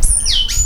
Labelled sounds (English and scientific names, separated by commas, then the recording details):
Stitchbird (Notiomystis cincta) song
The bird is a male
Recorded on Tiritiri Matangi Island, New Zealand, in 2005
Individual 22, of nest box 31